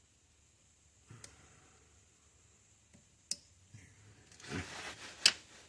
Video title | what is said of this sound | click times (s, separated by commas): 2019 Jeep Compass thermostat replacement | See how it goes in there? Locks on like that. | 5.3 s